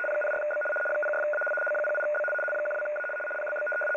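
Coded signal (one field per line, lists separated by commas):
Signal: RTTY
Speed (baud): 75 baud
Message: 04B 06A 08B 12A PBB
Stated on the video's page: Navy RTTY from Den Helder, Netherlands, 75 baud, 850 Hz shift.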